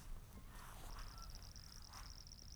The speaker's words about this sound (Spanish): Ah, eso. Sapo. La rana.